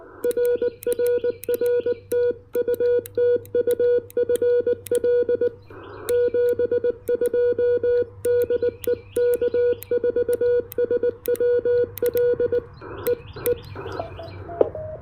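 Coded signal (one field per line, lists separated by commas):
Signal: Morse code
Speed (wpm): 20 wpm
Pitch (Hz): 480 Hz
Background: none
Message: RRR TU TU FL 72 DE K4SWL E E E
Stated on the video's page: QRP CW POTA park activation with an Index Labs QRP Plus and an EFHW antenna.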